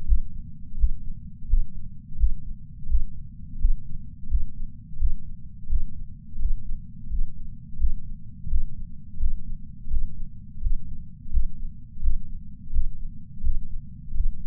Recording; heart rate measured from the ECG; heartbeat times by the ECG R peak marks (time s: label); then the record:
heart sounds by patch sensor on the chest; 85 bpm
0.06 s: heartbeat
0.77 s: heartbeat
1.48 s: heartbeat
2.17 s: heartbeat
2.88 s: heartbeat
3.59 s: heartbeat
4.29 s: heartbeat
4.98 s: heartbeat
5.69 s: heartbeat
6.39 s: heartbeat
7.10 s: heartbeat
7.78 s: heartbeat
8.49 s: heartbeat
9.19 s: heartbeat
9.90 s: heartbeat
10.61 s: heartbeat
11.31 s: heartbeat
12.01 s: heartbeat
12.72 s: heartbeat
13.43 s: heartbeat
14.14 s: heartbeat
From the record:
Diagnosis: coronary artery disease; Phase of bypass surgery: postoperative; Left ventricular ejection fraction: 53.3%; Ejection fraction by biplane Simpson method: 55.1%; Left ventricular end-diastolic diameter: 44 mm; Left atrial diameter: 43 mm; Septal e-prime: 6 cm/s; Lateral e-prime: 8.6 cm/s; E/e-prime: 11.9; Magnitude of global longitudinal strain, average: 15.4%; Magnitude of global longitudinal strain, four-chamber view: 16.2%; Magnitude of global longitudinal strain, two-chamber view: 15.5%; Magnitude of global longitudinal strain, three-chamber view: 14.5%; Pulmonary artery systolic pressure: 30 mmHg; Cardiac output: 3.65 L/min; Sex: male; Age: 64 years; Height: 175 cm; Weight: 85 kg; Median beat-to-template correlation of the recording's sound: 0.88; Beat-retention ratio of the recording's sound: 1.00